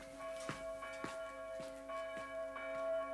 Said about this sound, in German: Die Glocke ruft, der Täufling wird in die Kirche getragen.